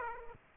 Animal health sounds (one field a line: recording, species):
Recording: mosquito wingbeat signal from an infrared sensor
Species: Aedes aegypti